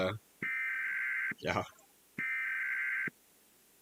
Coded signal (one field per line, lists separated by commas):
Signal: Emergency Alert System (SAME) tones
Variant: header bursts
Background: speech